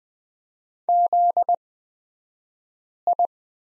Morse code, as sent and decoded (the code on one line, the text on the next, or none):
--.. ..
ZI